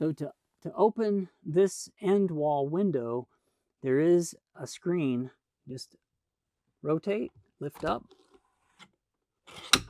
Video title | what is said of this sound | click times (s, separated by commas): 2026 Newmar London Aire Operational Overview | You can hear it locks into place for fresh air. | 9.7 s